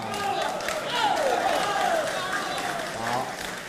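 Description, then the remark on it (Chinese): Steady, dense applause and cheering from a live show audience for a young performer's singing; cheering voices rise and fall above the clapping, fairly loud and sustained without a pause. “对，发自内心的掌声和喝彩声。”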